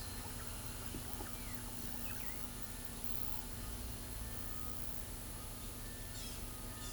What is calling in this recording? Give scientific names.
Campylorhynchus griseus